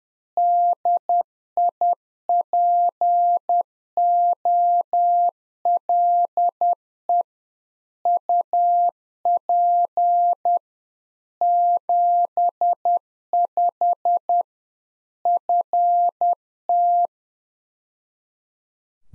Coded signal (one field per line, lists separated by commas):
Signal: Morse code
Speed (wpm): 10 wpm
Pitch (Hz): 700 Hz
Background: none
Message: DIPOLE UP 75 FT